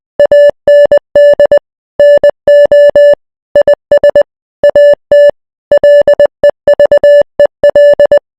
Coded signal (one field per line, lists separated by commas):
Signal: Morse code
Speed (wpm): 20 wpm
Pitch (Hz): 580 Hz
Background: none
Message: AND NO IS AT LEVEL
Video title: Morse code for @FishIsGreat1